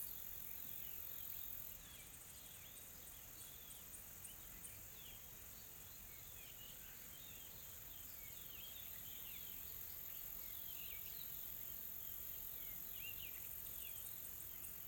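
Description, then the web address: Insect chorus hissing high and constant, beneath a busy scatter of short chirps. Calm, soft insect ambience from a tropical forest in South Africa. "Smart Sound FX - Nature South Africa AMBIENCE Additional Tropical Forest Soft Insects Calm"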